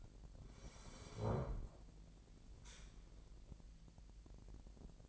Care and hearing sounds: daily activity, microphone in the room; sit down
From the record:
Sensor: 5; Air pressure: 1001.7 hPa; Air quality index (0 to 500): 245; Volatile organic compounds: 29 ppm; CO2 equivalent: 2942 ppm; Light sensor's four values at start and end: 50/117/48/51 and 49/115/47/50

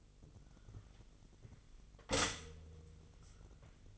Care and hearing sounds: daily activity, microphone in the room; stop toaster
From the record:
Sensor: 4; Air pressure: 1002.9 hPa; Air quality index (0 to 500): 235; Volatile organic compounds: 16 ppm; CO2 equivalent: 2544 ppm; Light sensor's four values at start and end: 21/74/27/27 and 18/60/22/21

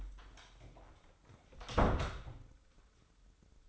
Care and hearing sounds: daily activity, microphone in the room; close door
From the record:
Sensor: 3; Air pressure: 996.1 hPa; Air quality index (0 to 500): 43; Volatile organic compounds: 1 ppm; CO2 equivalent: 822 ppm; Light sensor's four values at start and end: 14/34/14/14 and 14/34/14/14

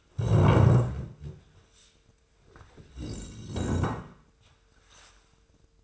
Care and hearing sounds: daily activity, microphone in the room; stand up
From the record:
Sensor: 2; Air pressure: 1005.1 hPa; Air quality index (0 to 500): 99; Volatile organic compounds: 2 ppm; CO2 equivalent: 1205 ppm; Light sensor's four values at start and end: 8/18/8/8 and 7/17/7/7

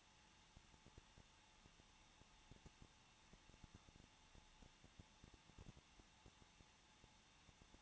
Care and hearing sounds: daily activity, microphone in the room; no activity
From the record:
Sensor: 1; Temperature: 20.1 degrees Celsius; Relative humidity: 39.4%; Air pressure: 1006.4 hPa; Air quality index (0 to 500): 219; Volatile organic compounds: 81 ppm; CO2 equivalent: 3618 ppm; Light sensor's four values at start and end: 1/2/1/1 and 1/2/1/1

